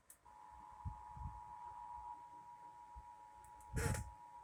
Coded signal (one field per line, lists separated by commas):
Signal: Emergency Alert System (SAME) tones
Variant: 853 and 960 Hz attention tone